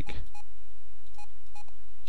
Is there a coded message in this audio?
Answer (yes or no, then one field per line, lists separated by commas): no